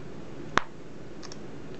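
A gray magnetic Apple smart cover on an iPad 2 is opened or closed, making one sharp click at 0.6 s that confirms it has snapped shut. Two much fainter high ticks follow at about 1.2 s and 1.3 s against a steady low background hum.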